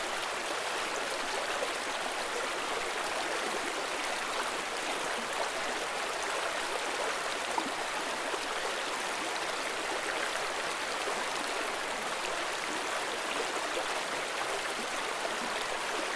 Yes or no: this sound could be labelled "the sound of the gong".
no